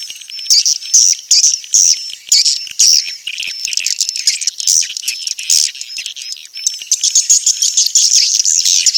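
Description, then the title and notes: Swiftlet calls: shrill chirps and thin whistled notes repeated about twice a second, then a thicker, continuous high twittering chorus. Call used for swiftlet farming in Asia. "Swiflet Bird Sound. Farming Swiflet Bird asia sound"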